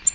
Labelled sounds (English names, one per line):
American Redstart flight call